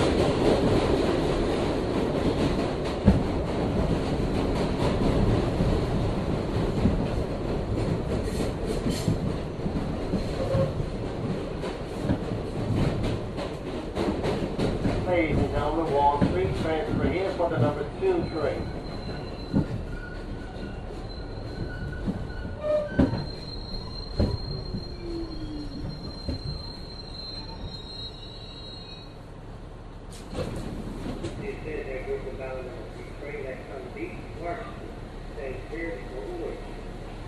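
A subway train rumbles steadily with dense low clatter, rising squeals from about 15 to 30 seconds, then a sharp jolt and rattling.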